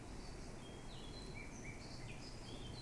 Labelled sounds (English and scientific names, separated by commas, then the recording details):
Eurasian Blackcap (Sylvia atricapilla)
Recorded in Germany
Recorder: ecoPi